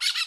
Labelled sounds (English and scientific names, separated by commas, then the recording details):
Brown-throated Parakeet (Eupsittula pertinax) contact call
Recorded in Curacao
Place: Road to Santa Cruz
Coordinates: 12.305, -69.141